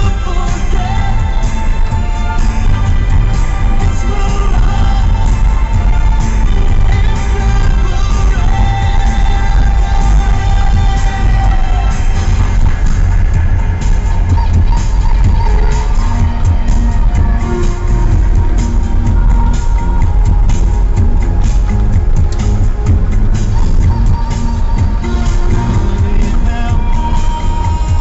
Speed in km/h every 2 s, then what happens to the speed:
15, 19, 21, 21, 20, 19, 19, 19, 19, 19, 18, 17, 16, 14.
0-7 speeds up to 21. 7-28 steady at about 19.